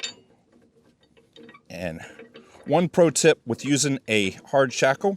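The threaded pin of a metal hard shackle is handled at the shackle body, giving a few faint, light metallic clinks and ticks between about 0.5 and 1.5 seconds, followed by someone talking. The pin has not yet been screwed in to the end of its travel, so nothing has seated or clicked yet.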